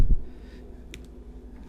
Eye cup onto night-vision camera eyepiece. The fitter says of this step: Just snaps in place like that.